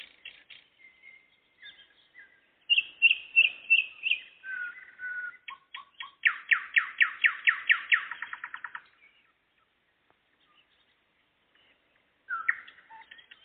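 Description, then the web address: Nightingale song: varied phrases of rich whistles and rapid repeated notes, including a loud series of fast strokes, then a pause and a fresh phrase. Singing on the evening of 11 May 2014. "spiew-slowika-11052014-wieczor"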